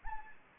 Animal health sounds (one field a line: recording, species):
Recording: mosquito wingbeat signal from an infrared sensor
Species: Anopheles gambiae